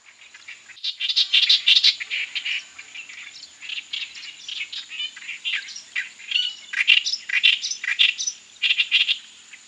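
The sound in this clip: Indian reed warbler singing a rapid, scratchy jumble of creaky and churring notes, growing stronger after the first second and carrying on without pause.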